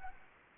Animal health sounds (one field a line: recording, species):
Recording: mosquito wingbeat signal from an infrared sensor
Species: Anopheles arabiensis